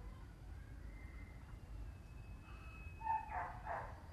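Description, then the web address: Domestic dog letting out two or three quick barks near the end, after a quiet stretch with low rumbling and a faint thin tone. Dogs in a village in Vietnam, 2019. "travelogue 2019 Vietnam village dogs"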